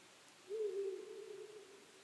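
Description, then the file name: Owl, one deep hoot that begins with a short accent and then holds a level, dying tone for over a second. Recorded 23 May 2010 at 00:59. "fukurou-20100523-0059"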